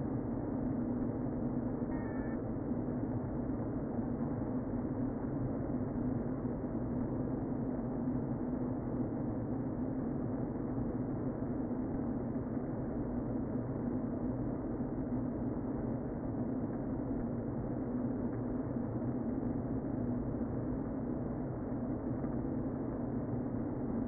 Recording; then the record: honeybee colony, microphone inside the hive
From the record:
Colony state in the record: queen present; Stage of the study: before two queens were removed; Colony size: about 60,000 bees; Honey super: yes